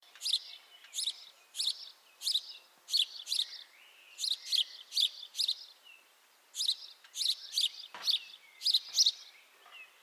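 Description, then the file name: House sparrow giving a steady series of many bright chirps in loose groups with short gaps. "Passer domesticus"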